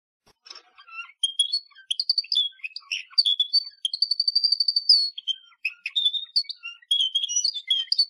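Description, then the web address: Canary-type song of varied high whistles, short trills and chirps in a lively, uneven sequence; clean background. "honarfardi Canary Sound"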